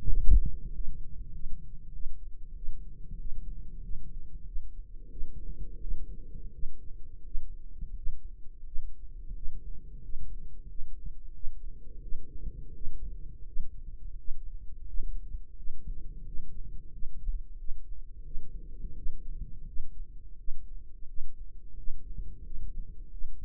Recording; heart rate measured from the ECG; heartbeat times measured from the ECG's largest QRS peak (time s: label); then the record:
heart sounds by microphone in the right ear; 89 bpm
0.12 s: heartbeat
0.73 s: heartbeat
1.32 s: heartbeat
1.92 s: heartbeat
2.54 s: heartbeat
3.18 s: heartbeat
3.82 s: heartbeat
4.45 s: heartbeat
5.10 s: heartbeat
5.80 s: heartbeat
6.52 s: heartbeat
7.23 s: heartbeat
7.95 s: heartbeat
8.64 s: heartbeat
9.34 s: heartbeat
10.01 s: heartbeat
10.68 s: heartbeat
11.33 s: heartbeat
12.01 s: heartbeat
12.73 s: heartbeat
13.45 s: heartbeat
14.16 s: heartbeat
14.85 s: heartbeat
15.55 s: heartbeat
16.24 s: heartbeat
16.91 s: heartbeat
17.57 s: heartbeat
18.23 s: heartbeat
18.94 s: heartbeat
19.65 s: heartbeat
20.36 s: heartbeat
21.06 s: heartbeat
21.75 s: heartbeat
22.42 s: heartbeat
23.09 s: heartbeat
From the record:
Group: healthy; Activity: rest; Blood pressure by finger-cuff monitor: 125/82 mmHg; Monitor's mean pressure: 95 mmHg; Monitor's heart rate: 87 bpm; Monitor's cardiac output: 7.3 L/min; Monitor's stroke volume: 83 mL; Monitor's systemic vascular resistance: 980 dyn s/cm5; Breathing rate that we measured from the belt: 10 breaths a minute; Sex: male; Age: 33 years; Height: 179 cm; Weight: 80.4 kg